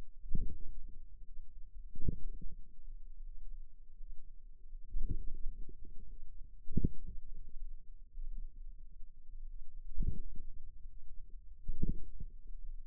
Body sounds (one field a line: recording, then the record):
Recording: forearm muscle sounds (acoustic myography)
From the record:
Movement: inward rotation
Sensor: system 2, bracelet of six BSWA MPA416 microphones around the upper forearm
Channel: 2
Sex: female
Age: 23 years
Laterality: right